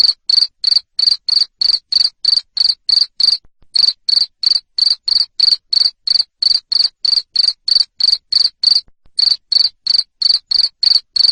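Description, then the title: Cricket chirping loudly in an even rhythm near three pulses per second, interrupted by two short pauses. Loud cricket chirping played to make lovebirds sing continuously. "Suara JANGKRIK NGERIK Keras Bikin LOVEBIRD Jadi NGEKEK Terus Vubey"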